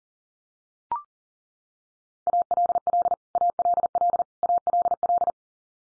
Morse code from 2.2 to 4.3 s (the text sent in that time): ALL ALL